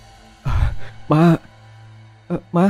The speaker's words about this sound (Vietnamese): Bà Liễu thở dốc, đôi mắt bà đờ dần đi và hơi thở trở nên gấp gáp.